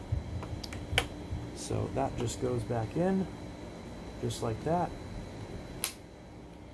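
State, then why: Seated. A removable plastic roller assembly from a Shark Stratos vacuum's powered floor head, just cleaned of dust, is pushed back into the head while someone talks, with a few small taps and knocks early on. A sharp click at 5.8 seconds marks it latching, and the roller is now fully seated back in the floor head.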